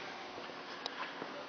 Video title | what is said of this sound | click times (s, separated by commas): 2004 Honda Rune before delivery | If you notice this latch right here, you just pull that out and it locks the steering. | 0.9 s